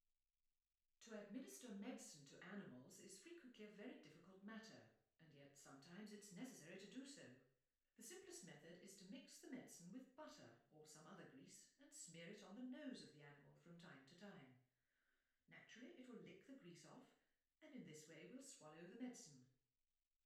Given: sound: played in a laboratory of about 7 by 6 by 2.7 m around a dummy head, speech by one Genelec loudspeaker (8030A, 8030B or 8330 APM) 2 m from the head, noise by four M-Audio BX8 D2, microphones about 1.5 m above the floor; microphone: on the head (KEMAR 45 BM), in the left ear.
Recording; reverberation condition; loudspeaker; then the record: female speech in English; medium; 150 degrees to the right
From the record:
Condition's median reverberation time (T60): about 510 ms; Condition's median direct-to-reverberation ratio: about -0.5 dB